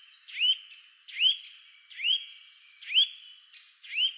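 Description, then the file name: Eurasian nuthatch repeating sharp upward-sweeping whistled notes, a little under a second apart, with faint steady high tones behind. "Sitta europaea"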